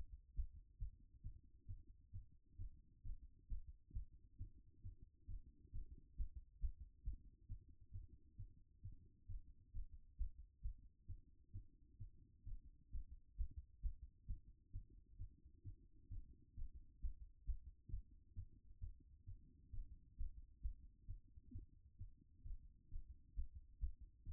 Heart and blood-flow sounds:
heart sounds by stethoscope; 133 bpm
0.35 s: heartbeat
0.78 s: heartbeat
1.22 s: heartbeat
1.66 s: heartbeat
2.11 s: heartbeat
2.57 s: heartbeat
3.03 s: heartbeat
3.48 s: heartbeat
3.92 s: heartbeat
4.37 s: heartbeat
4.82 s: heartbeat
5.27 s: heartbeat
5.71 s: heartbeat
6.16 s: heartbeat
6.60 s: heartbeat
7.03 s: heartbeat
7.47 s: heartbeat
7.91 s: heartbeat
8.36 s: heartbeat
8.81 s: heartbeat
9.27 s: heartbeat
9.72 s: heartbeat
10.17 s: heartbeat
10.61 s: heartbeat
11.06 s: heartbeat
11.51 s: heartbeat
11.98 s: heartbeat
12.44 s: heartbeat
12.91 s: heartbeat
13.36 s: heartbeat
13.81 s: heartbeat
14.26 s: heartbeat
14.71 s: heartbeat
15.17 s: heartbeat
15.63 s: heartbeat
16.09 s: heartbeat
16.55 s: heartbeat
17.00 s: heartbeat
17.45 s: heartbeat
17.90 s: heartbeat
18.34 s: heartbeat
18.79 s: heartbeat
19.25 s: heartbeat
19.71 s: heartbeat
20.16 s: heartbeat
20.61 s: heartbeat
21.06 s: heartbeat
21.51 s: heartbeat
21.97 s: heartbeat
22.43 s: heartbeat
22.89 s: heartbeat
23.34 s: heartbeat
23.79 s: heartbeat
24.24 s: heartbeat
From the record:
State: after exercise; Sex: female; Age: 25 years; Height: 169 cm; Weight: 64 kg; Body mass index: 22.41

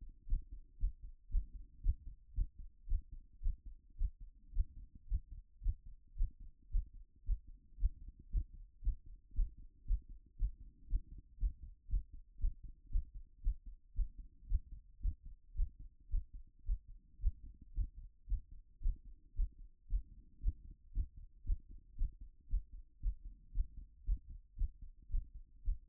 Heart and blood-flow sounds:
heart sounds by stethoscope; 112 bpm
0.25 s: heartbeat
0.76 s: heartbeat
1.27 s: heartbeat
1.79 s: heartbeat
2.31 s: heartbeat
2.85 s: heartbeat
3.39 s: heartbeat
3.94 s: heartbeat
4.50 s: heartbeat
5.05 s: heartbeat
5.59 s: heartbeat
6.13 s: heartbeat
6.68 s: heartbeat
7.22 s: heartbeat
7.75 s: heartbeat
8.28 s: heartbeat
8.80 s: heartbeat
9.31 s: heartbeat
9.83 s: heartbeat
10.34 s: heartbeat
10.85 s: heartbeat
11.36 s: heartbeat
11.86 s: heartbeat
12.37 s: heartbeat
12.88 s: heartbeat
13.39 s: heartbeat
13.92 s: heartbeat
14.45 s: heartbeat
14.98 s: heartbeat
15.52 s: heartbeat
16.07 s: heartbeat
16.62 s: heartbeat
17.17 s: heartbeat
17.71 s: heartbeat
18.25 s: heartbeat
18.78 s: heartbeat
19.32 s: heartbeat
19.85 s: heartbeat
20.38 s: heartbeat
20.90 s: heartbeat
21.42 s: heartbeat
21.94 s: heartbeat
22.46 s: heartbeat
22.98 s: heartbeat
23.50 s: heartbeat
24.02 s: heartbeat
24.54 s: heartbeat
25.07 s: heartbeat
25.61 s: heartbeat
From the record:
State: after exercise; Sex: female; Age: 44 years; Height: 167 cm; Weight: 64 kg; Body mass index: 22.95

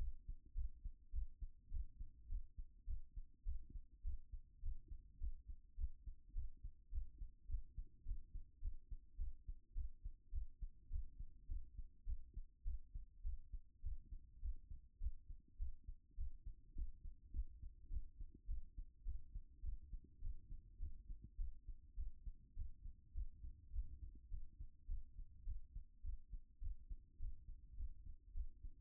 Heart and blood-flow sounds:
heart sounds by stethoscope; 104 bpm
0.53 s: heartbeat
1.11 s: heartbeat
1.69 s: heartbeat
2.27 s: heartbeat
2.85 s: heartbeat
3.44 s: heartbeat
4.02 s: heartbeat
4.60 s: heartbeat
5.18 s: heartbeat
5.76 s: heartbeat
6.33 s: heartbeat
6.90 s: heartbeat
7.47 s: heartbeat
8.03 s: heartbeat
8.60 s: heartbeat
9.16 s: heartbeat
9.73 s: heartbeat
10.30 s: heartbeat
10.88 s: heartbeat
11.46 s: heartbeat
12.04 s: heartbeat
12.63 s: heartbeat
13.22 s: heartbeat
13.81 s: heartbeat
14.40 s: heartbeat
14.99 s: heartbeat
15.57 s: heartbeat
16.15 s: heartbeat
16.73 s: heartbeat
17.31 s: heartbeat
17.88 s: heartbeat
18.46 s: heartbeat
19.03 s: heartbeat
19.61 s: heartbeat
20.19 s: heartbeat
20.78 s: heartbeat
21.36 s: heartbeat
21.95 s: heartbeat
22.54 s: heartbeat
23.12 s: heartbeat
23.71 s: heartbeat
24.28 s: heartbeat
24.86 s: heartbeat
25.44 s: heartbeat
26.01 s: heartbeat
26.59 s: heartbeat
27.17 s: heartbeat
27.75 s: heartbeat
28.32 s: heartbeat
From the record:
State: after exercise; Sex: female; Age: 50 years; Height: 170 cm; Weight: 70 kg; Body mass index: 24.22

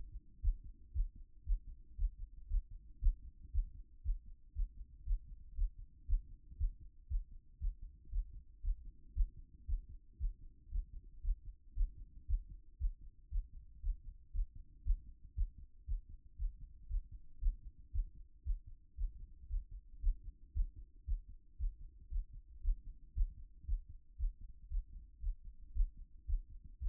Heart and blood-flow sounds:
heart sounds by stethoscope; 116 bpm
0.41 s: heartbeat
0.93 s: heartbeat
1.44 s: heartbeat
1.96 s: heartbeat
2.48 s: heartbeat
3.00 s: heartbeat
3.52 s: heartbeat
4.03 s: heartbeat
4.54 s: heartbeat
5.05 s: heartbeat
5.55 s: heartbeat
6.06 s: heartbeat
6.57 s: heartbeat
7.08 s: heartbeat
7.59 s: heartbeat
8.10 s: heartbeat
8.62 s: heartbeat
9.14 s: heartbeat
9.66 s: heartbeat
10.18 s: heartbeat
10.70 s: heartbeat
11.22 s: heartbeat
11.74 s: heartbeat
12.26 s: heartbeat
12.78 s: heartbeat
13.30 s: heartbeat
13.81 s: heartbeat
14.32 s: heartbeat
14.83 s: heartbeat
15.35 s: heartbeat
15.85 s: heartbeat
16.37 s: heartbeat
16.88 s: heartbeat
17.40 s: heartbeat
17.92 s: heartbeat
18.43 s: heartbeat
18.96 s: heartbeat
19.48 s: heartbeat
20.00 s: heartbeat
20.53 s: heartbeat
21.05 s: heartbeat
21.57 s: heartbeat
22.10 s: heartbeat
22.62 s: heartbeat
23.14 s: heartbeat
23.65 s: heartbeat
24.17 s: heartbeat
24.69 s: heartbeat
25.21 s: heartbeat
25.73 s: heartbeat
26.26 s: heartbeat
26.79 s: heartbeat
From the record:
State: after exercise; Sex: male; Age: 37 years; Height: 170 cm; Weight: 86 kg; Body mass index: 29.76

